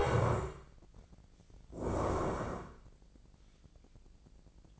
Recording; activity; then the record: daily activity, microphone in the room; stand up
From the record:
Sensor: 5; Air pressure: 1012.4 hPa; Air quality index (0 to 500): 150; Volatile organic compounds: 2 ppm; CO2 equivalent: 1036 ppm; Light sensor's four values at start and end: 268/640/273/304 and 271/647/276/308